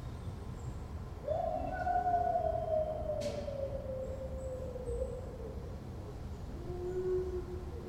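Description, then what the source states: Dog howl: a long sliding howl falls slowly over about four seconds, followed by a shorter second howl. Friedrichshain, Corinthstraße, Berlin, Germany, 14 September 2012; dog in a patio recorded from a rented apartment's bathroom window; barking and howling for hours.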